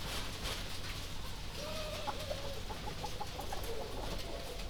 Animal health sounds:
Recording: poultry house recording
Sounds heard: healthy chickens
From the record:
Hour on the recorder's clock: 2

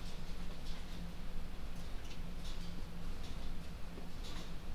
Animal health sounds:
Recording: poultry house recording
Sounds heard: no chicken sound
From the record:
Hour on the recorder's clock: 22

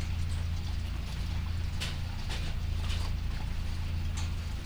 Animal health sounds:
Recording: poultry house recording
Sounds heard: sick chickens (respiratory disease)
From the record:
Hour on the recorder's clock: 3

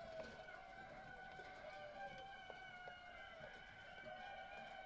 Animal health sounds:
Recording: poultry house recording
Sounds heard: healthy chickens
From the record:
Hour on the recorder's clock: 18

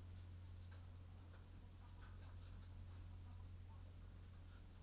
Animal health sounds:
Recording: poultry house recording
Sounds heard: sick chickens (respiratory disease)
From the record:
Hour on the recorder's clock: 21

